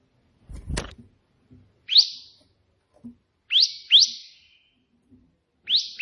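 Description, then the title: Prinia notes: scattered sharp slurred chirps, singly and in pairs, after a brief sharp click near the start. Prenjak putih song with three shooting-style variations (tembakan), intended as tutor song (masteran) for pet prinias. "3 VARIASI TEMBAKAN prenjak putih ini COCOK untuk masteran prenjak anda"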